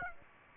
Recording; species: mosquito wingbeat signal from an infrared sensor; Aedes aegypti